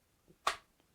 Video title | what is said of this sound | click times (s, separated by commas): Ep 16 Sig p320 lawsuit | it's tight. It snaps into place. You can hear that. It snaps into place. | 0.5 s